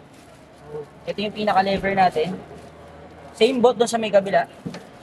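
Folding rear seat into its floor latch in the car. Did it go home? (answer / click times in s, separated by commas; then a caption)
yes / 4.7 s. Someone talks while the third-row seat of a 2024 Xpander Cross Outdoor Edition MPV is folded down with its lever and dropped into its floor latch. A short, sharp knock sounds at 4.7 s as the seat latches into place and locks.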